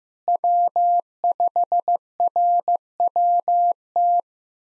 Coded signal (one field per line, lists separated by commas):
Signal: Morse code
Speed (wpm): 15 wpm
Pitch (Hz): 700 Hz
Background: none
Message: W5RWT